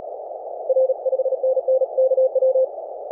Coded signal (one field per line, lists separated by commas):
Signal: Morse code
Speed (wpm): 37 wpm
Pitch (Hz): 520 Hz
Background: none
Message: R 5NN KW